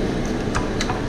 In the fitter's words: locks in place